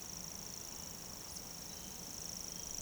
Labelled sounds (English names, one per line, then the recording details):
Eurasian Woodcock whistle
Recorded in Baden-Württemberg, Germany, on 25 June 2020 at 19:49 UTC
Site 43791, 788 m above sea level